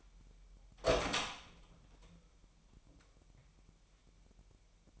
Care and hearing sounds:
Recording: daily activity, microphone in the room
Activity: open door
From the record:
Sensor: 1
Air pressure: 998.4 hPa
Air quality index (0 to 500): 134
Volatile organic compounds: 4 ppm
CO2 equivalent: 1600 ppm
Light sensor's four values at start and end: 18/60/24/25 and 18/60/24/25

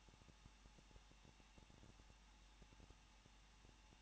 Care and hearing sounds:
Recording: daily activity, microphone in the room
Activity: no activity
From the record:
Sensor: 1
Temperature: 20.1 degrees Celsius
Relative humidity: 39.1%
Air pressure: 1006.5 hPa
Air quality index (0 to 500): 216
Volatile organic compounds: 73 ppm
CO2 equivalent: 3547 ppm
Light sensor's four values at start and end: 1/2/1/1 and 1/2/1/1

